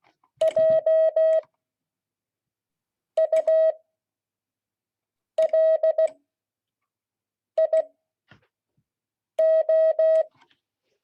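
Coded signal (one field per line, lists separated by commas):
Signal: Morse code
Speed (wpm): 16 wpm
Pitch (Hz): 640 Hz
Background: none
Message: JULIO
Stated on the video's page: Morse code class.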